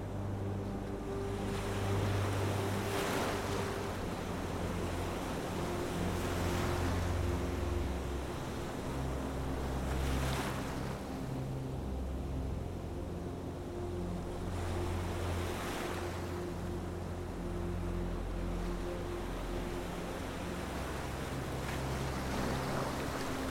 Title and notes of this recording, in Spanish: MÚSICA Relajante y Sonidos OCEANICOS. La música relajante se mezcla armoniosamente con los apacibles sonidos de las olas del océano